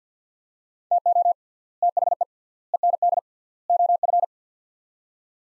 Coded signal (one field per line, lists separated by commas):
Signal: Morse code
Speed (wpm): 50 wpm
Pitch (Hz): 700 Hz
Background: none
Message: TO THE END OF